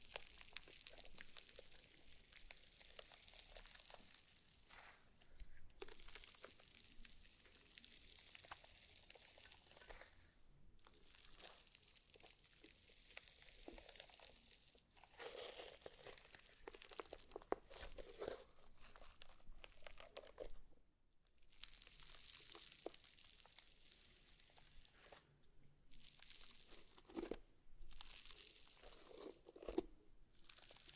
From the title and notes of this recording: ASMR SLIME! 5 Satisfying Slimes.